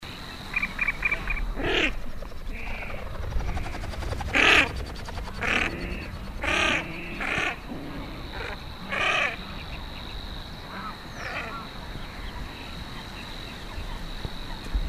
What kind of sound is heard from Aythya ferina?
call